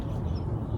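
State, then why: Not seated. The plastic nock on the back of an arrow is being handled toward the bowstring, just under the metal nocking point, with only a steady low rumble and faint background noise heard. Nothing has seated or clicked onto the string yet.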